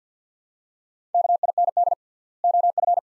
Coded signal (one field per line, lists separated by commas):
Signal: Morse code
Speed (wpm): 50 wpm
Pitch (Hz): 700 Hz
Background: none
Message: KIND OF